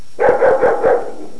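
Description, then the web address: Dog barking: four quick, gruff barks in a fast burst, each short and evenly spaced, lasting about a second. "特酷声音素材库 动物 家畜 狗 DOG"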